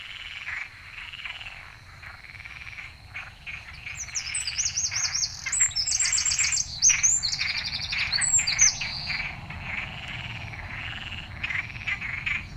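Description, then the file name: Eurasian wren giving a long, shrill, rapidly trilled song midway through, over constant background noise. "Troglodytes troglodytes"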